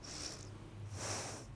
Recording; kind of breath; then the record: one breath in and out by a microphone near the nose and mouth; deep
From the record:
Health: marked as sick, illness not named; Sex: female